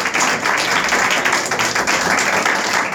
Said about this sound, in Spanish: ¿Dónde está la hermana? Hermana, aplaude, hágame el favor. Usted que es la que ayuda.